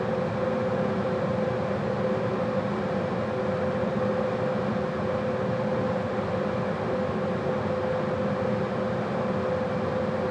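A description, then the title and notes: Air conditioning fills an indoor gym with a steady, dense roar, a low rumble under a constant mid-pitched hum that never changes. Int. Gym AC White Noise.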